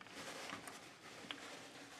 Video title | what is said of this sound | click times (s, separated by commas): Hot Toys Loki The Avengers Version | thing down at back till it clicks look at it flush | 1.3 s